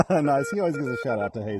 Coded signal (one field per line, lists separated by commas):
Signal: Morse code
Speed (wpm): 20 wpm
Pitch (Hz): 1400 Hz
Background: speech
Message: AL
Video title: Super Low Power POTA, Rough Propagation, and Testing my new Begali Adventure Paddle!